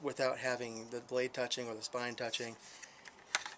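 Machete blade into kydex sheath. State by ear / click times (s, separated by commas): seated / 3.3 s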